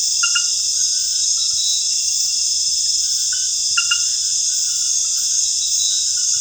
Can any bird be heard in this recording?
no